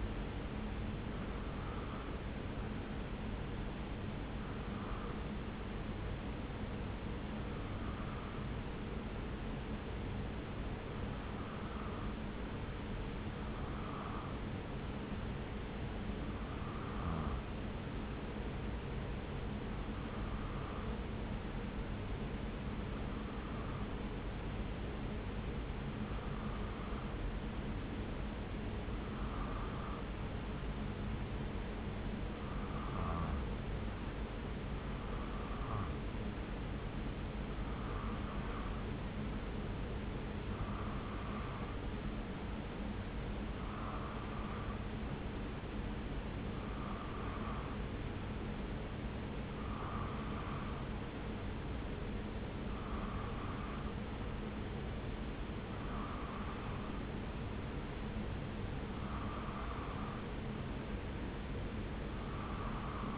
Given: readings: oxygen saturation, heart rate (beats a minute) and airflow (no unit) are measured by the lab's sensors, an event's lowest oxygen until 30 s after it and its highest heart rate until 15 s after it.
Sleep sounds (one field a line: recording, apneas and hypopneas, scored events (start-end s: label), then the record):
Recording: breathing in sleep by a voice recorder at the bedside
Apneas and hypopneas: 1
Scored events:
6.00-57.20 s: hypopnea (N1, oxygen 96% highest, then 92% lowest)
7.00-63.17 s: new sleep stage, N2 (light sleep)
From the record:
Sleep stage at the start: N1 (lightest sleep)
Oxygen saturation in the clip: 93 to 96%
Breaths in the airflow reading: 21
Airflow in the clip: -0.7 to 0.6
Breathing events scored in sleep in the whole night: 335 in 6.7 hours asleep